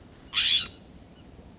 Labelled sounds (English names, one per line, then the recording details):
California Scrub-Jay
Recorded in Sonoma County, California